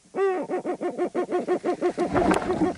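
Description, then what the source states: Eurasian eagle-owl mating, a fast even series of short hoarse notes at a fairly steady pitch. Eagle-owls mating, recorded with a microphone placed in the field; the female sat very close to the microphone and touched it.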